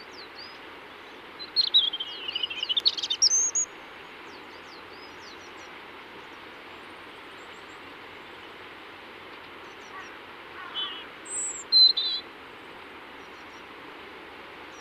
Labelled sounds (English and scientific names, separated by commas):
European Robin (Erithacus rubecula) song